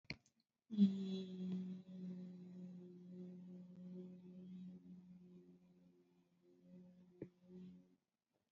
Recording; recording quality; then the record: sustained vowel as in beet; excellent, no background noise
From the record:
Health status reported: COVID-19 positive, mild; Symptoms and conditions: cough, sore throat, fever, fatigue, hypertension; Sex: female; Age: 47 years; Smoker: not ticked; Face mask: not worn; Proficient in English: yes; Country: India